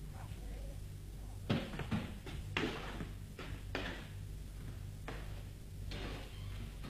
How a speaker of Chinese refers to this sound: 您听，有人敲门。 哎，这快十一点了，这会有谁呀？